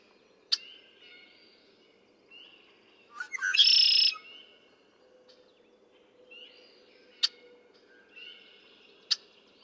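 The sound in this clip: Red-winged blackbird song: a rough introductory stutter into a loud buzzy trill, set among quiet whistles and several sharp clicks.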